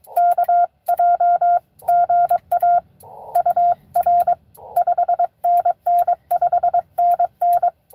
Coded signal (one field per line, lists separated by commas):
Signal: Morse code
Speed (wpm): 22 wpm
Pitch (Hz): 690 Hz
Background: radio noise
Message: KJ GA UR 5NN 5NN